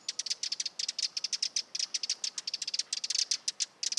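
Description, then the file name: Eurasian wren making sharp ticking calls in quick irregular bursts, several per second, with a hard, dry tone. "Troglodytes troglodytes"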